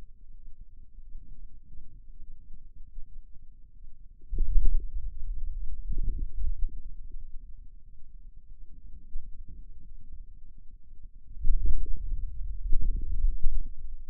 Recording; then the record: forearm muscle sounds (acoustic myography)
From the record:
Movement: hand closing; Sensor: system 2, bracelet of six BSWA MPA416 microphones around the upper forearm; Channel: 3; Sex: male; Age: 22 years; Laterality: right